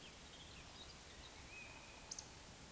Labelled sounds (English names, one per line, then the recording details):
Eurasian Woodcock whistle
Eurasian Woodcock croak
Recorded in Baden-Württemberg, Germany, on 31 May 2021 at 19:41 UTC
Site 24606, 635 m above sea level